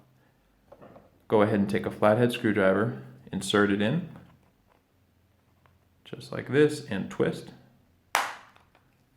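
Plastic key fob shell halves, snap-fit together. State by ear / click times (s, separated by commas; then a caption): released / 8.1 s. A flathead screwdriver is inserted into the top slot of a plastic 2-button Hyundai Tucson (2005–2015) key fob, whose snap-fit shell halves hold the battery, and is twisted while someone talks. At 8.2 s a sharp click is heard as the two plastic halves release and separate.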